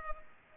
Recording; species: mosquito wingbeat signal from an infrared sensor; Culex pipiens